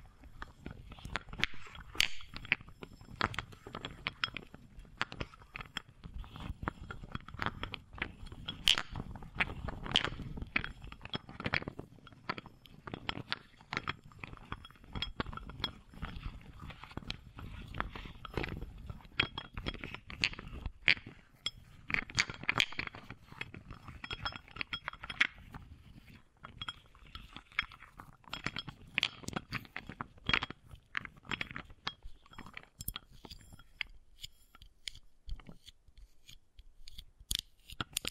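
Wooden balls tap, click and roll against each other in a dense, continuous run of short knocks lasting the full clip. The clicks come quickly and irregularly, with sharper bright hits scattered throughout and a soft low rumble underneath, thinning slightly near the end.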